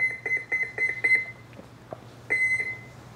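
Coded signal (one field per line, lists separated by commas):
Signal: beep code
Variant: EDF jet ESC tones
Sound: a high beep broken by clicks, a pause, then a second beep cut off at the end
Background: small room, clicks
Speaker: The ESCs are now calibrated.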